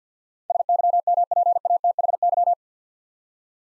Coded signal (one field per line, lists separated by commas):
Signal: Morse code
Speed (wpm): 48 wpm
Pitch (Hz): 700 Hz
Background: none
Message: SYMPATHY